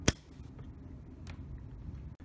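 A cable from the SPD adapter is pushed into the connector socket of a Sendyne SIM100 isolation and high voltage monitor module, seating with a sharp, loud click at 0.1 s. After that come a couple of faint ticks around 0.6 s and 1.3 s over low background hum, and the connector is seated.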